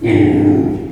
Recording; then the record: squeal of a Yucatan mini pig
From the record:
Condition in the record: before surgery on the right vocal fold (resection and tissue-engineered implant); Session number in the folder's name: 2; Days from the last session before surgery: -15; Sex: female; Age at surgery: 19 weeks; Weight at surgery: 25 kg